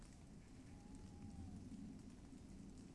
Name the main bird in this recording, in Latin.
Strix aluco